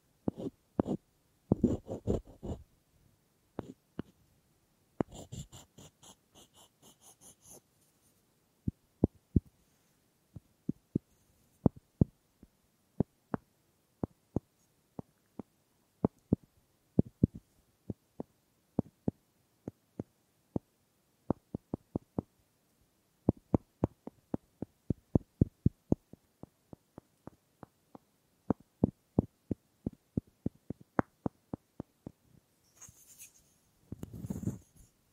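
Wooden tapping and knocking, mostly single sharp clicks at irregular intervals, sometimes in quick bursts near the start and around 25 seconds. Brief scratchy rubbing appears around 5 to 7 seconds and again at the end, with near silence between taps.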